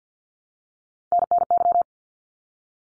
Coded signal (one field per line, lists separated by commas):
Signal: Morse code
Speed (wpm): 48 wpm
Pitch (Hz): 700 Hz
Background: none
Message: NNY